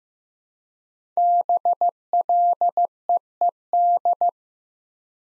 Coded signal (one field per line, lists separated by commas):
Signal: Morse code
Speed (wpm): 15 wpm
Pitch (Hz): 700 Hz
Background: none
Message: BLEED